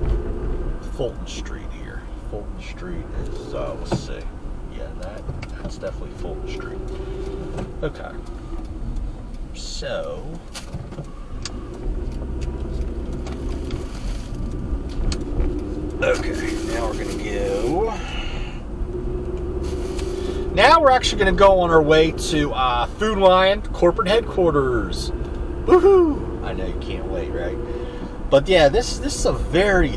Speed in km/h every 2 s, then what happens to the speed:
45, 44, 39, 37, 27, 19, 24, 21, 31, 37, 42, 44, 44, 45, 48.
0-9 slows to 19. 9-15 steady at about 21. 15-20 speeds up to 42. 20-25 steady at about 44.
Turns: 11-15.